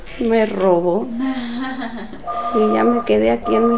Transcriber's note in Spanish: risas